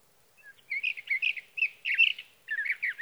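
Sage thrasher singing a rapid, jumbled warble of short slurred notes, grouped into bursts with a brief break near the end before the song resumes.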